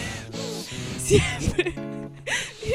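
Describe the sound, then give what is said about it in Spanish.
Heavy, ragged panting with strained, voiced gasps from Pablo Echarri as he speaks, several uneven breaths in quick succession, fairly loud and breathless. “Siempre se acaba de bajar de la bici, Pablo Echarri.”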